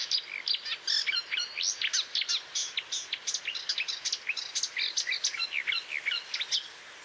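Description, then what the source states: Marsh warbler song, a rapid, varied torrent of chattering, scratchy and whistled notes, continuous and lively without pauses. Recorded at Moos, Deggendorf district, on 30 June 2013.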